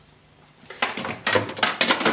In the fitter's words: and that locks into place there